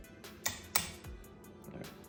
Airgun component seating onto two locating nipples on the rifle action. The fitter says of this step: heard that okay they lined up locked into place